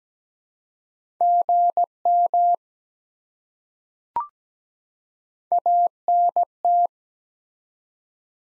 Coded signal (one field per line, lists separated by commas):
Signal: Morse code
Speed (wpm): 17 wpm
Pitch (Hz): 700 Hz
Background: none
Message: GM ANT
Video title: Top 20 QSO Elements 17wpm